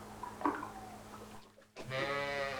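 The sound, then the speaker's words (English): A sheep lets out one long, wavering bleat after a short lull, loud and nasal with a trembling pitch. Softer scuffling noises and a steady low hum come before it. “Leave my sheep alone!”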